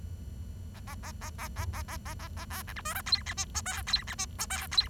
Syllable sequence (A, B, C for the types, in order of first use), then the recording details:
A A A A A A A A A A A B C D E F G H I J K G H I J K G. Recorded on 23 June 2012 at 11:08. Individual gr41rd51